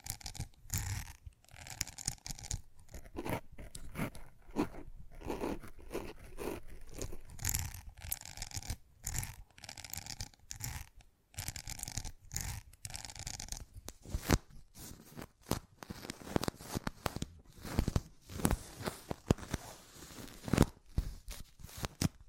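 Fast, unpredictable ASMR triggers: dense crunching, tearing and zipper-like rustles shift constantly, broken by brief silences and sharp taps throughout.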